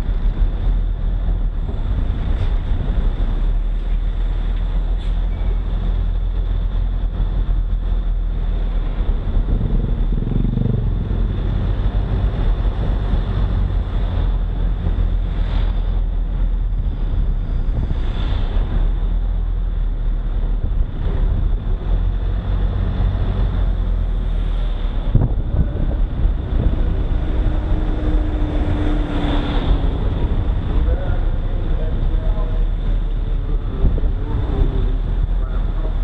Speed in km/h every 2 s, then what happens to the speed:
21, 21, 20, 22, 21, 26, 26, 26, 25, 25, 24, 25, 24, 21, 19, 20, 21, 23.
0-36 steady at about 22.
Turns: none.